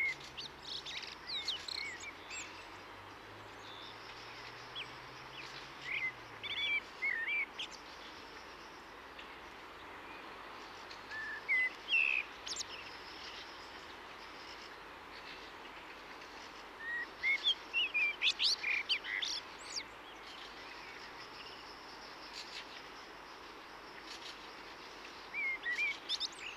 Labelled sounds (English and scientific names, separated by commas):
Common Blackbird (Turdus merula) song